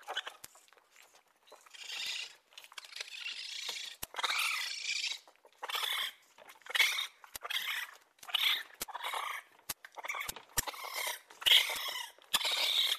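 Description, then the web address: Raccoon calls: breathy, hissing bursts of uneven length, with sharp clicks scattered between them. "енот"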